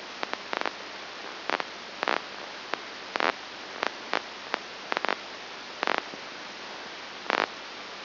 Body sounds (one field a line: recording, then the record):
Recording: brain microelectrode recording played as sound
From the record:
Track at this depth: inside the subthalamic nucleus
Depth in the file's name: 3.302 mm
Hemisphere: left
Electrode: 2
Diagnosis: Parkinson's disease